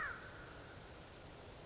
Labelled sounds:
American Crow

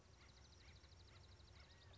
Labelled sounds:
Acorn Woodpecker

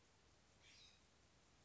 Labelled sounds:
California Scrub-Jay

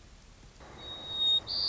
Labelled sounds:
White-crowned Sparrow

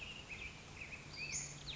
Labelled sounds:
Black-headed Grosbeak

